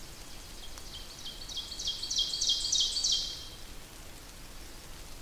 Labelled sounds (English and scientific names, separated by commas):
Ovenbird (Seiurus aurocapilla) song